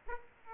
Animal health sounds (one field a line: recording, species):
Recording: mosquito wingbeat signal from an infrared sensor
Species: Aedes aegypti